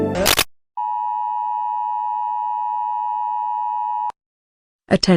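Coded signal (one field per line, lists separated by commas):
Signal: Emergency Alert System (SAME) tones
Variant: 853 and 960 Hz attention tone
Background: speech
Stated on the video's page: Fictional EAS scenario.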